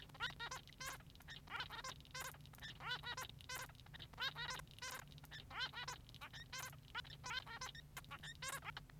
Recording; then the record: song of a male Bengalese finch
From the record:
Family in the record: son of father 3